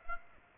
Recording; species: mosquito wingbeat signal from an infrared sensor; Aedes aegypti